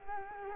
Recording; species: mosquito wingbeat signal from an infrared sensor; Culex quinquefasciatus